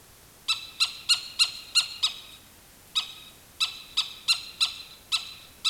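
Animal giving an alarm: harsh, ringing chips in quick series with short pauses between them, over constant faint hiss.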